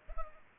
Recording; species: mosquito wingbeat signal from an infrared sensor; Culex pipiens